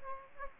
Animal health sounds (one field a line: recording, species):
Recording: mosquito wingbeat signal from an infrared sensor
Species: Aedes aegypti